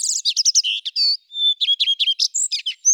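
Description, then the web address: Common redstart song: a fast, varied stream of high scratchy chirps and twitters with clear whistled notes mixed in, and one pure sustained whistle midway. "Phoenicurus phoenicurus"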